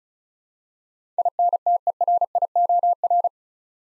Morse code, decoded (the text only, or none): INTERIOR